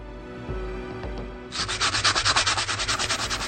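A brief low rumble gives way to rapid, rhythmic sandpaper strokes, about a dozen raspy back-and-forth rubs in quick succession, fairly loud and steady, with no voices.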